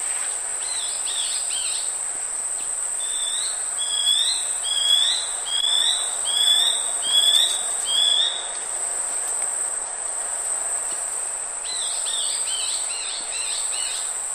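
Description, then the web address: Long-winged antwren song: a run of several clear whistled notes, preceded and followed by softer similar notes, over a constant high insect drone. Nominate race, recorded in the eastern lowlands of South America. "Nature Songs S America Eastern Lowlands. Long-winged Antwren"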